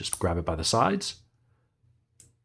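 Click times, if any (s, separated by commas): 2.2 s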